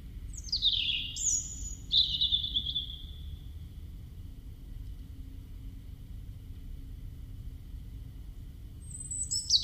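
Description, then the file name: European robin song: a phrase of sharply falling, high whistles and a sustained wavering note, a long silence, then another high whistle starting at the end. "Erithacus rubecula"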